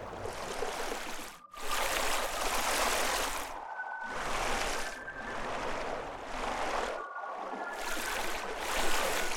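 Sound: river water flowing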